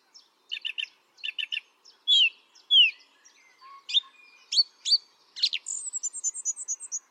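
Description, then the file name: Song thrush song with phrases repeated two or three times, short clipped triplets, slurred whistles and a fast high series of notes at the end. "singdrossel"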